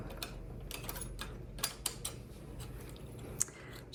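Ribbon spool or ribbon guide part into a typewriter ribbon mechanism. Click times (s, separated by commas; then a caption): 3.4 s. While the ribbon is being changed on a 1930 Corona 4 portable typewriter, a metal part of the ribbon mechanism is squeezed and pushed forward, producing a series of light ticks. It snaps back into place with a sharp click at 3.4 s.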